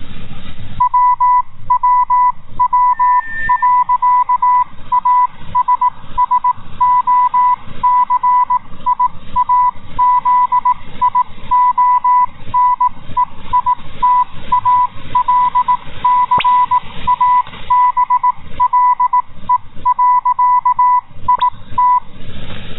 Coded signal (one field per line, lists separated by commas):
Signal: Morse code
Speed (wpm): 18 wpm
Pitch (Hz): 990 Hz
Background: none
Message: WWW.ASSOCIAZIONEITALCABLE.IT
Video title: Italcable "JN53dv" Time Signal, Italy - 10000 kHz